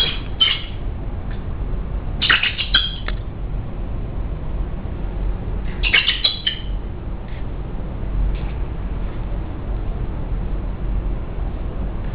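Eagle calls in short harsh squawking bursts, loudest near two and six seconds, with a few fainter notes between, over a steady low rumbling background.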